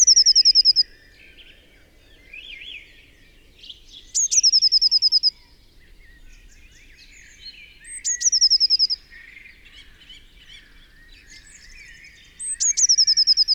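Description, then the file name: Eurasian blue tit giving high, rapid trilled call bursts repeated about every four seconds, each starting with a sharp thin note, over quieter twittering birds in the background. "Cyanistes caeruleus"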